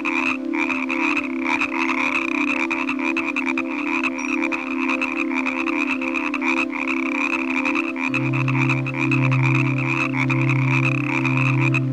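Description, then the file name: Frogs croaking in quick clicking bursts with a high ringing chorus; a deep hum joins near the end. Evening frog chorus from a relaxing nature sounds collection. "Relaxing Nature Sounds Collection - Evening with Frog Music"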